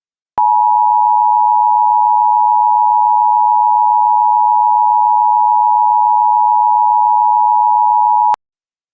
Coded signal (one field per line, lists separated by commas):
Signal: Emergency Alert System (SAME) tones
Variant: 853 and 960 Hz attention tone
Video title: EAS Child Abduction Emergency (AMBER Alert) North Carolina Statewide Alert